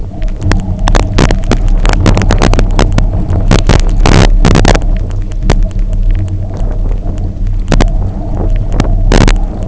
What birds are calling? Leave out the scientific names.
none